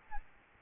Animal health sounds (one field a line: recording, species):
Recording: mosquito wingbeat signal from an infrared sensor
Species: Aedes albopictus